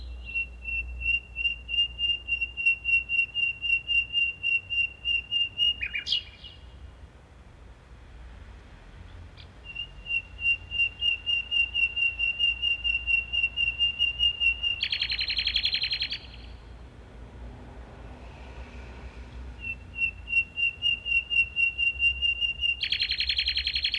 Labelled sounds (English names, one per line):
Common Nightingale song